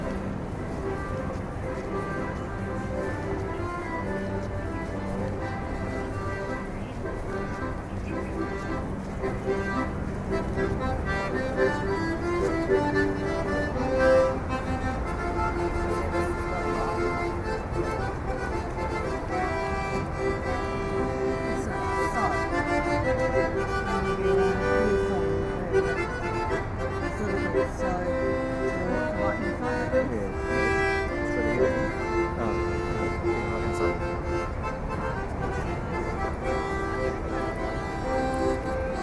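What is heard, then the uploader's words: An accordion plays a continuous tune of sustained, reedy chords and shifting melody notes, holding an even volume for the whole stretch. Street noise sits underneath, with a low rumble of passing traffic and faint voices in the background. Accordion in Bilbao by Concrète Mixer.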